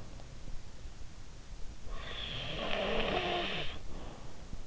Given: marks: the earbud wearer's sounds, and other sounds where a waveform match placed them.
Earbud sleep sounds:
sounds in sleep by an in-ear microphone; snoring breath
1.96-4.58 s: snoring breath

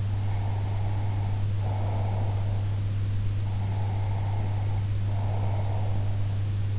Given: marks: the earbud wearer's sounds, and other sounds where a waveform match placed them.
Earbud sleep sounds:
sounds in sleep by an in-ear microphone; breath
0.08-2.74 s: breath
3.54-6.45 s: breath

